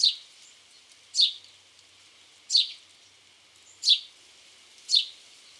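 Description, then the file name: House sparrow uttering five bright falling chirps, spaced unevenly about one to one and a half seconds apart, against a constant gentle hiss. "Passer domesticus"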